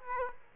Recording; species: mosquito wingbeat signal from an infrared sensor; Aedes aegypti